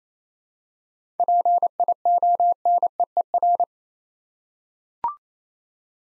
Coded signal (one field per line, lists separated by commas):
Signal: Morse code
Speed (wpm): 27 wpm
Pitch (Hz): 700 Hz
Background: none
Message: PIONEER